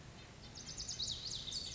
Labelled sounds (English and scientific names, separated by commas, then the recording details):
Lazuli Bunting (Passerina amoena)
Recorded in Sonoma County, California